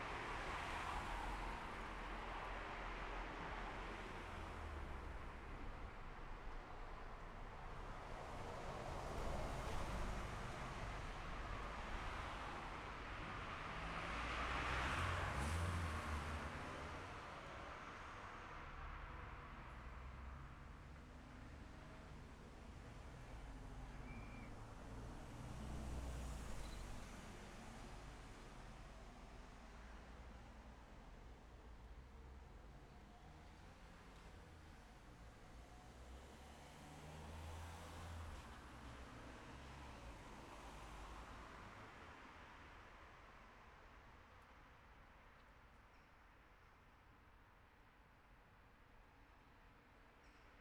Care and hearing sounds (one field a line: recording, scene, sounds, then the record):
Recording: everyday scene through a hearing-aid microphone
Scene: in traffic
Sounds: traffic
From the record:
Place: city secondary road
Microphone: behind the ear, left, rear